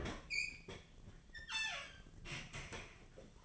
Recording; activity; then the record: daily activity, microphone in the room; open fridge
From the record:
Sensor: 4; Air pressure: 1010.5 hPa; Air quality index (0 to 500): 177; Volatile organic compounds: 5 ppm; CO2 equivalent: 1795 ppm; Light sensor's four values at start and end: 33/96/38/38 and 27/82/32/33